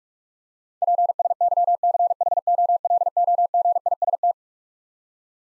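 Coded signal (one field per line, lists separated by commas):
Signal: Morse code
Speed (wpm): 46 wpm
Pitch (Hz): 700 Hz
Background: none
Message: PSYCHOLOGIST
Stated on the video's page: Computer-generated 45 wpm Morse head-copy practice of twelve-letter words, each sent, spoken, then sent again.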